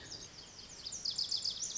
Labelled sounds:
Lazuli Bunting (Passerina amoena)
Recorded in Sonoma County, California

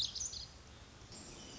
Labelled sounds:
Pacific Wren (Troglodytes pacificus)
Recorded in Sonoma County, California

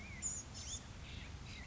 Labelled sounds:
Blue-gray Gnatcatcher (Polioptila caerulea)
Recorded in Sonoma County, California

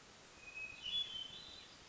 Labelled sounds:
Hermit Thrush (Catharus guttatus)
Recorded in Sonoma County, California

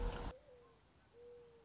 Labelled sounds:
Mourning Dove (Zenaida macroura)
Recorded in Sonoma County, California

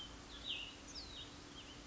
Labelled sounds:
Cassin's Vireo (Vireo cassinii)
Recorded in Sonoma County, California

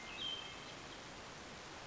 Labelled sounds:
Cassin's Vireo (Vireo cassinii)
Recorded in Sonoma County, California

